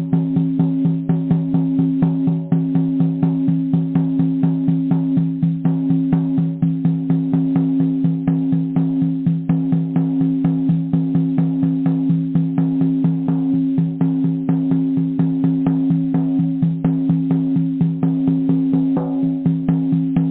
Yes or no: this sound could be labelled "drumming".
yes